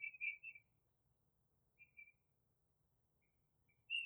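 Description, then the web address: Bird chirps: a brief burst of three warbled high notes, a pair of softer chirps mid-way, then one more bright note at the end. "Tedford Sarah Sounds Birds 4 Removed Background Noise"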